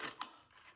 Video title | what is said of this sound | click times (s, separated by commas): Gunfighters inc Spectre Shoulder Holster | really got to pull on that and I mean it's a very audible click as you can hear | 0.0 s, 0.2 s